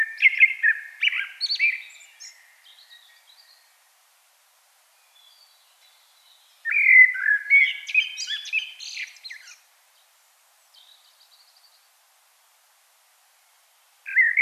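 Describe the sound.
Common blackbird song, phrases of mellow fluted warbling followed by high scratchy twittering, separated by long pauses with faint quiet notes, and a new phrase starting at the end.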